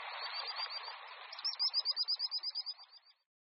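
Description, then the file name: Common sandpiper giving a fast series of sharp, high piping notes that fades before stopping, over heavy broad noise that ends with the call. "Pisík-obecný"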